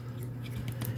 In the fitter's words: i'll flip around the chest piece then yeah that goes in into that clicks